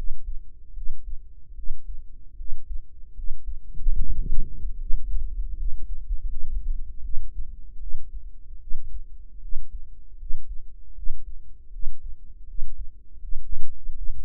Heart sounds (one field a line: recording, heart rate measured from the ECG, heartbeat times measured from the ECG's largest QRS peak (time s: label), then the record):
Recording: heart sounds by microphone in the right ear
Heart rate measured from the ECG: 77 bpm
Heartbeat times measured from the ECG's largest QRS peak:
0.72 s: heartbeat
1.53 s: heartbeat
2.35 s: heartbeat
3.13 s: heartbeat
3.94 s: heartbeat
4.77 s: heartbeat
5.55 s: heartbeat
6.27 s: heartbeat
7.01 s: heartbeat
7.78 s: heartbeat
8.58 s: heartbeat
9.39 s: heartbeat
10.16 s: heartbeat
10.93 s: heartbeat
11.70 s: heartbeat
12.45 s: heartbeat
13.18 s: heartbeat
13.92 s: heartbeat
From the record:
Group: healthy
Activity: rest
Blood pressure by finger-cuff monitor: 95/60 mmHg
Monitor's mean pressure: 72 mmHg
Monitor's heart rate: 77 bpm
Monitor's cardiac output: 6.8 L/min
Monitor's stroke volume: 89 mL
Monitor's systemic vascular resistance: 740 dyn s/cm5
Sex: female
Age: 19 years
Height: 163 cm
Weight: 48.9 kg